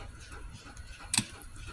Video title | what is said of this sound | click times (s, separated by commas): Transformers Legacy United Star Raiders, Thundertron NightStrike and Calcitron | Flip this down. So, you hear it click out of place. | 1.2 s